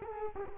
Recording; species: mosquito wingbeat signal from an infrared sensor; Culex quinquefasciatus